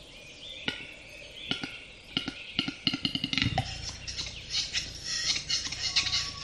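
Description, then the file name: Western capercaillie display: spaced clicks quickening into a drum-roll, a deep pop, then several seconds of rasping, whispery scraping. "audio hero Bird Capercaillie"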